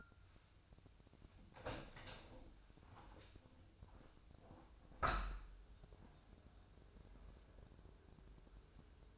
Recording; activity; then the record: daily activity, microphone in the room; open window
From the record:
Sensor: 2